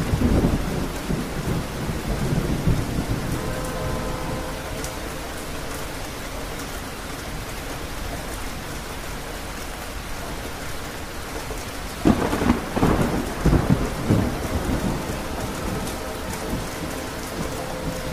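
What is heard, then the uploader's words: Rain falls steadily on a roof as a thunderstorm rumbles. Low thunder rolls at the start, a faint sustained horn from the distant train sounds around three to six seconds, and heavier cracks and rumbles break out near twelve to fifteen seconds. Windy Mountain Thunderstorm With Train In The Distance. Rain beginning to fall on the roof of your mountain getaway.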